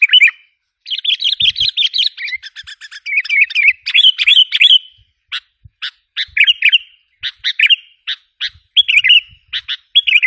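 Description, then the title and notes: Sooty-headed bulbul song: dense bursts of warbled, chattering notes followed by spaced sharp chips and short bubbly phrases, all high-pitched. "Kicau Burung Kutilang"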